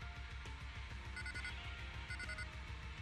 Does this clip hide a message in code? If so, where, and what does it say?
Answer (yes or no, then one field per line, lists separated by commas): no